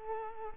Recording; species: mosquito wingbeat signal from an infrared sensor; Culex quinquefasciatus